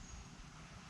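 A Vortex VMX-3T 3x magnifier on a flip-to-side rail mount, fitted on an SBR behind an Eotech 512, is handled with its button pushed as it is swung back toward its firing position and onto its stop. Only a steady, broadband low rumbling noise is heard, with no sudden sounds. Nothing has seated or clicked into place yet.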